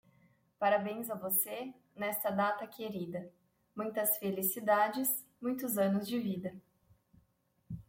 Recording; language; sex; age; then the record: short text; Brazilian Portuguese; female; 30 to 39 years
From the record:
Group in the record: control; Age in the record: 31 years